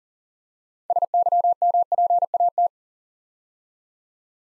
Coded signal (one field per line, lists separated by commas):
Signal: Morse code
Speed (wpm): 40 wpm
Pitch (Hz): 700 Hz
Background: none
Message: SYMPAT